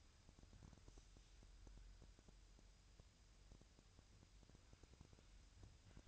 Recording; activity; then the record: daily activity, microphone in the room; wipe stove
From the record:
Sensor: 2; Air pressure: 1001.5 hPa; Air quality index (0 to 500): 226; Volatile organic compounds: 25 ppm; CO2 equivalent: 2833 ppm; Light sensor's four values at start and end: 7/26/10/9 and 7/26/10/9